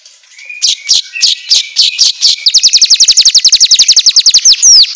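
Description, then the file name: Asian golden weaver song: several separate buzzy notes, then a fast, even chattering trill of sharp downslurred notes ending in a wheezy flourish. Song recording intended for training songbirds, labelled 'auto gacor'. "Suara Kicau Manyar Kepala Emas Auto Gacor"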